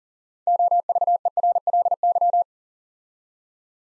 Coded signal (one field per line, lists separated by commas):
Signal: Morse code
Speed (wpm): 40 wpm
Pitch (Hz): 700 Hz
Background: none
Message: OVERLY